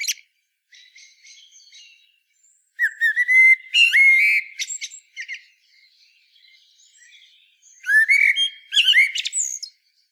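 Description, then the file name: Eurasian blackbird singing two rich, fluty, warbled phrases, each ending in a squeaky, high twittering flourish, separated by a few quiet soft notes. "Turdus merula"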